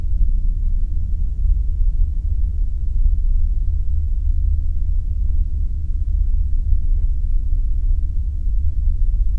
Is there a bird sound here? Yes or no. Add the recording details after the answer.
no. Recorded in the Arctic National Wildlife Refuge, Alaska, on 3 September 2019 at 01:02. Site 49